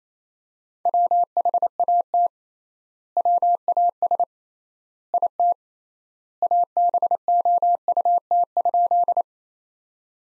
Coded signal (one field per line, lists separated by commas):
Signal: Morse code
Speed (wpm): 28 wpm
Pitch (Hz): 700 Hz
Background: none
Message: WHAT WAS IT ABOUT?